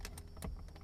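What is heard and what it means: A plastic interior dome/map light housing is handled and pressed toward the truck headliner trim after an LED bulb swap, making short clicky plastic taps and rustles. Nothing has seated or clicked home yet.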